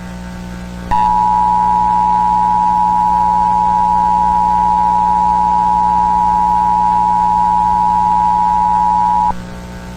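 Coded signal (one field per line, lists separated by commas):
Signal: Emergency Alert System (SAME) tones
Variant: 853 and 960 Hz attention tone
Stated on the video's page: Mock alert recording from a VHS test, carried over FiOS/Comcast with a garbled voice.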